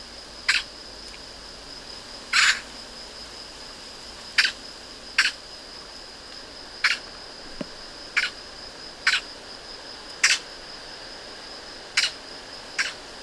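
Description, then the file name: Eurasian magpie making about ten loud, grating chack notes at uneven intervals, accompanied throughout by a steady high-pitched buzz. "Pica pica"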